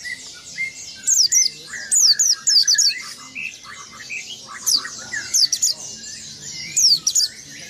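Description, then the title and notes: White-eye song: bursts of very high, thin, rapid descending chirps in short flurries, over softer lower whistles. Local name pleci. "Burung Peci. kumpuln pleci terbaru"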